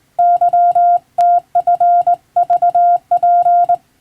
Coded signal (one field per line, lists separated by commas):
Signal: Morse code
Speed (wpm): 20 wpm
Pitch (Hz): 700 Hz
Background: none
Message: YTFVP